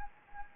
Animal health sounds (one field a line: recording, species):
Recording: mosquito wingbeat signal from an infrared sensor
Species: Anopheles gambiae